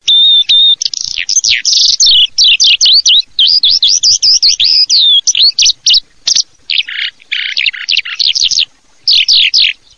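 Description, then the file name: Eurasian skylark song: a fast stream of high, varied chirps, warbles and trills, with short gaps and a sustained whistle at the start. "allodolalucio"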